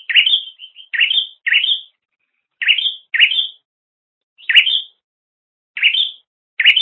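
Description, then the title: Bird chirping: sharp rising chirps delivered singly and in pairs, separated by short pauses. "kikicau"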